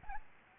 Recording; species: mosquito wingbeat signal from an infrared sensor; Aedes albopictus